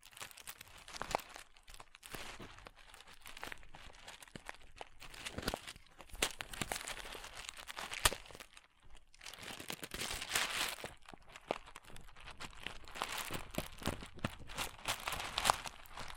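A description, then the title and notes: Crunchy slime being squeezed and worked, a dense stream of crackling, crinkly pops and snaps, bright and busy, with brief quiet gaps near eight seconds. ASMR Satisfying Crunchy Slime (No Talking).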